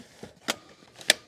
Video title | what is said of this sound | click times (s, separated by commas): Carbon Fiber Babyark Convertible Child Seat! // Safest Seat Available!! | all right got it clicked in | 1.1 s